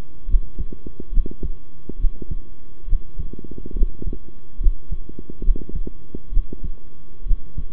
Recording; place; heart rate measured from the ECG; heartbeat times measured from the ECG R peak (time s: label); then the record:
heart sounds by stethoscope; between the tricuspid and mitral areas; 69 bpm
0.27 s: heartbeat
1.12 s: heartbeat
1.98 s: heartbeat
2.87 s: heartbeat
3.75 s: heartbeat
4.60 s: heartbeat
5.42 s: heartbeat
6.31 s: heartbeat
7.25 s: heartbeat
From the record:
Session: rest, sitting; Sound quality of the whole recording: good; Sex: male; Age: 23 years